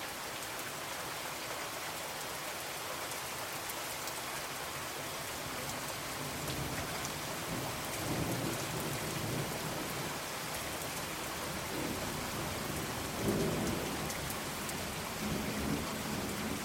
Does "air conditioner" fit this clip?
no